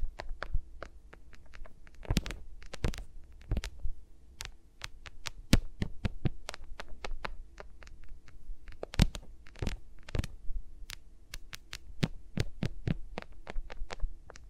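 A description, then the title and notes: Fingers move over microphones in a no-talking ASMR session, making sharp taps, rubs and brushing sounds at an uneven pace, several each second. Some pops come out louder, near 2, 5.5 and 9 seconds. A low, steady hum stays underneath throughout. ASMR with Mics Around My Fingers (No Talking).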